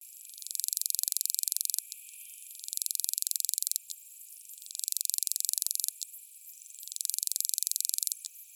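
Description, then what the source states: Cicada song: four loud, pulsing, high buzz phrases, each a little over a second long, repeated roughly every two seconds, with short clicks between them. New Zealand species.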